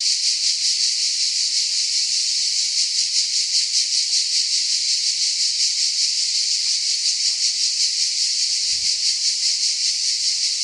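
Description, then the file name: Cicada song: a loud, unbroken, high hissing buzz with a fast steady pulsing texture, constant in pitch and volume throughout. "cigales"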